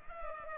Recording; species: mosquito wingbeat signal from an infrared sensor; Culex pipiens